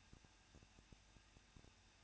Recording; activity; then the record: daily activity, microphone in the room; no activity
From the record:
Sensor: 2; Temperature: 21.0 degrees Celsius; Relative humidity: 37.3%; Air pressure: 1006.3 hPa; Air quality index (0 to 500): 220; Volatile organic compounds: 23 ppm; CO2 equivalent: 2783 ppm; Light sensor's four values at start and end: 2/3/2/2 and 2/3/2/2